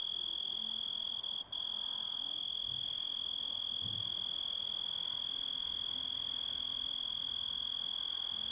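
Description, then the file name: Grasshopper song, steady and piercing, with a momentary dip early on. Composite recording of grasshopper sounds. "engisprettur"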